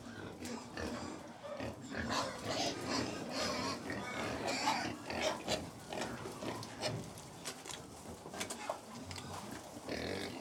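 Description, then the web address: Pigs grunt and chomp continuously in a dense, uneven mass of short snorts and clicks. About 100 pigs feeding; livestock. "BBC Sound Effects Library. Approx 100 Pigs Feeding"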